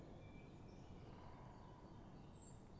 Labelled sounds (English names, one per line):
Great Tit